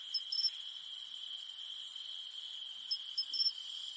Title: In the mountains at night, only the humming of cicadas remains